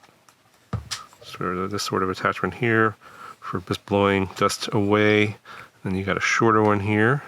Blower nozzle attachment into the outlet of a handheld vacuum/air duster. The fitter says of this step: and this goes in here like so locks into place uh